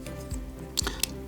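A plastic robot kit part is fitted into its slot in the kit frame along the marked guide, on both sides at the bottom, and pressed in. Two sharp snaps are heard at 0.8 s and 1.0 s as it seats in place, with faint handling noise between them and no talk.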